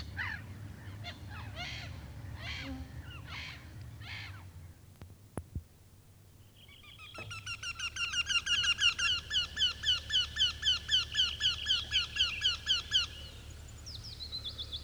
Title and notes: A33 Käenpiika. Kevät - Luontoääniä Päijät-Hämeestä. Ilkka Heiskanen